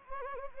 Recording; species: mosquito wingbeat signal from an infrared sensor; Anopheles gambiae